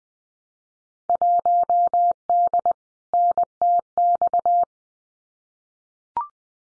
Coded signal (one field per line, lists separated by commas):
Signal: Morse code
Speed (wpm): 19 wpm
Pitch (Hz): 700 Hz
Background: none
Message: 1D NTX